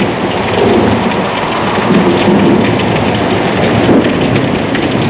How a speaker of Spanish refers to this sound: La lluvia forma una catarata ensordecedora delante del horizonte hacia el que vamos como un grupo de insensatos.